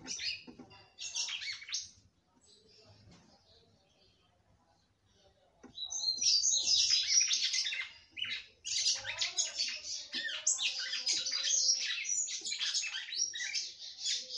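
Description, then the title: Red-cowled cardinal song: bright, jumbled high warbling phrases in two bursts, with a quiet gap in between, then a long dense run of rapid notes to the end. "Galo De Campina"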